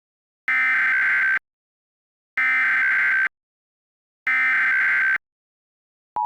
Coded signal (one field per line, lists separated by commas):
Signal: Emergency Alert System (SAME) tones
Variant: header bursts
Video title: EAS - On A Train Recreation